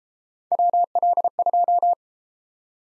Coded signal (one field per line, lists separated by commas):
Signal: Morse code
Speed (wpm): 32 wpm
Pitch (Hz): 700 Hz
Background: none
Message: WL2